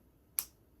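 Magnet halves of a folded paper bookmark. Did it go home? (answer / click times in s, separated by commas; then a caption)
yes / 0.4 s. A handmade magnetic bookmark is folded closed so the two magnets embedded in its paper halves meet. They snap together with one sharp click at 0.4 s, followed by quiet. The magnets seat with a solid, strong snap, the audible click you want from the closure.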